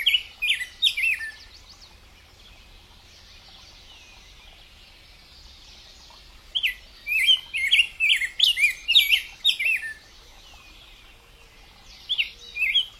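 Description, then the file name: Rose-breasted grosbeak song: rich, warbled phrases of sweet whistled notes, a short burst at the start, a longer run midway, and another brief phrase at the end. "canto do bico grosso de peito rosa"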